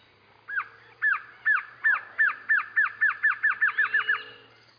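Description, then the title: Glossy antshrike: a series of many sharp descending notes, starting spaced and speeding up toward the end. Subspecies araguayae. "LuckyPassaro Completos2Sama. Glossy Antshrike"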